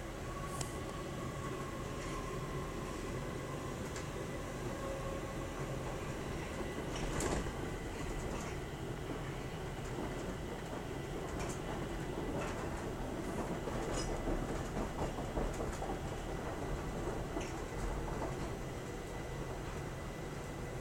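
A metro train on the move, heard from inside: a loud, steady rumble fills the lows throughout, with a faint whine running above it. Sharp rail clicks and brief squeals cut through now and then, notably near 7, 11 and 14 seconds.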